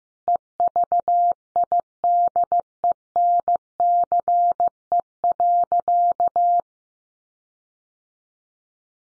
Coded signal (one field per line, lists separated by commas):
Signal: Morse code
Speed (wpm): 15 wpm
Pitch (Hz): 700 Hz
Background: none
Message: EVIDENCE.